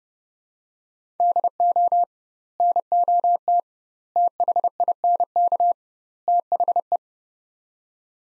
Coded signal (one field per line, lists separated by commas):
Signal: Morse code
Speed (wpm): 30 wpm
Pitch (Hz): 700 Hz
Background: none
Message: DO NOT THINK THE